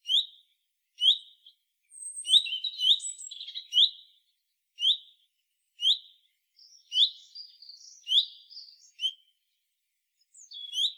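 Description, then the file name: Common chaffinch calls: short sharp upslurred notes repeated at an uneven pace, with thin high chirps and brief twittering between them. "Fringilla coelebs"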